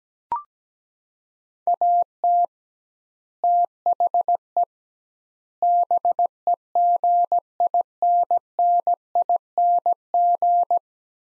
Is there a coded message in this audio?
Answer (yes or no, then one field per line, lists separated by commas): yes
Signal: Morse code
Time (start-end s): 1.7-10.8 s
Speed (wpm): 17 wpm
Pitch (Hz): 700 Hz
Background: none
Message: AT THE BEGINNING